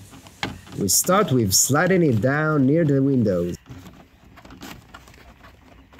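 A door trim panel is slid down near the window onto a car door, its clips being lined up with the holes in the door before it is pushed home. Someone talks for the first few seconds, then faint handling taps and rustles follow. Nothing has seated or clicked yet.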